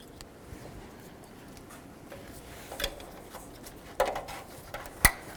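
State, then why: Seated. A plastic electrical connector from the wiring harness, with a little dielectric grease applied, is pushed onto the new fuel pump relay of a 2007-2010 Ford Expedition. Faint handling taps and small plastic knocks come before a sharp click at 5.1 s as the connector seats and locks.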